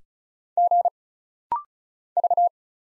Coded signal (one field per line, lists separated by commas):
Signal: Morse code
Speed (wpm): 36 wpm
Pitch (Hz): 700 Hz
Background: none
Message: G V